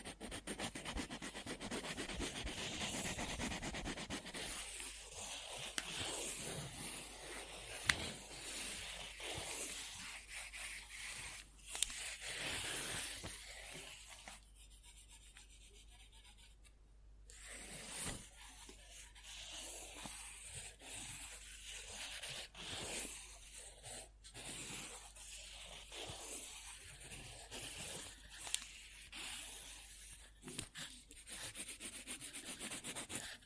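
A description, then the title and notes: Scribbling on paper comes in scratchy, uneven bursts of rapid strokes, pausing briefly around the middle before resuming with sharp, irregular scratches. Scribbling On Paper.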